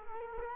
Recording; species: mosquito wingbeat signal from an infrared sensor; Culex quinquefasciatus